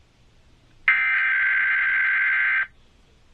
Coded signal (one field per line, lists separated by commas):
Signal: Emergency Alert System (SAME) tones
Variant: header bursts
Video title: 24 YEARS OF LIVING... EAS Tests from August 2024 (EAS #4,964 - 4,976)